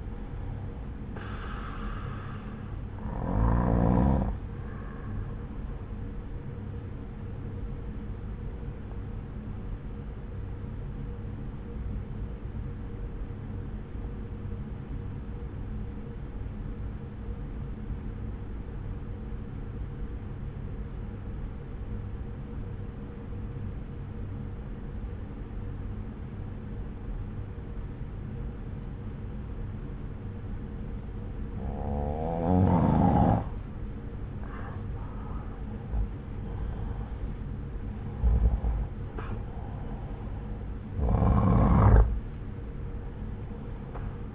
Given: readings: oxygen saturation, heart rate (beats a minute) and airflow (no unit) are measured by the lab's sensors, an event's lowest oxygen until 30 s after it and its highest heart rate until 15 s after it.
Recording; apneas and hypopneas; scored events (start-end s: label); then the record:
breathing in sleep by a smartphone at the bedside; 1
9.00-34.60 s: obstructive apnea (N1, oxygen 95% highest, then 89% lowest)
From the record:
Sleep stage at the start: N1 (lightest sleep); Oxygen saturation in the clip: 85 to 95%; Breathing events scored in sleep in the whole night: 303 in 8.1 hours asleep